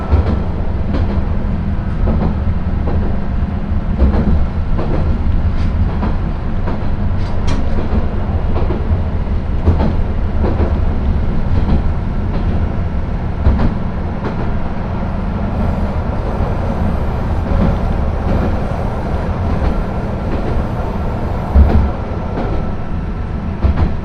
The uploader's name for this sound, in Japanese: 明知鉄道 明智→恵那